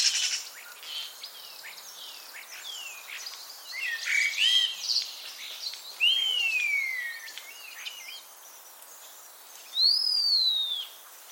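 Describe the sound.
Common starling mixing clicks and scratchy notes with several loud down-slurred whistles, each falling in pitch, the last near the tenth second.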